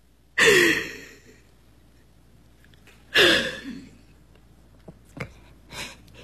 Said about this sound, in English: Come on, let's just breathe. Take a deep breath